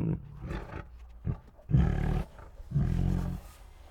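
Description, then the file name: Tiger gives low growls in several bursts separated by brief quiet gaps. Two tigers growling and moaning; grumbly growls. "Two Tigers Make Grumbly Growls and Moans [Sound Ideas]"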